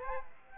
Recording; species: mosquito wingbeat signal from an infrared sensor; Aedes aegypti